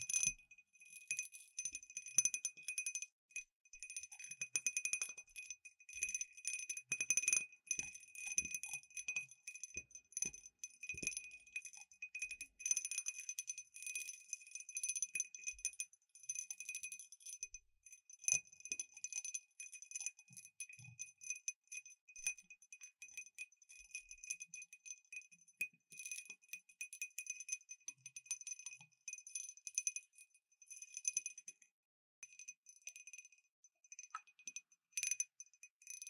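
Glass cup wind bell tinkling with light, rapid taps throughout, a dense shimmer of bright, high ringing tones. A steady high pitch runs under the whole stretch while the clinks come in irregular bursts, busier in the first half and thinning slightly later.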